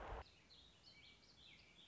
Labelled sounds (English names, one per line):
Warbling Vireo